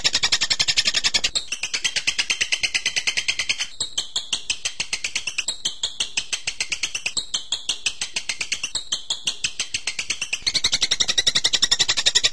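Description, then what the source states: Bird song: a long stream of fast, high twitters and trills with varied phrases, louder at the start and at the end. Masteran recording used to train birds.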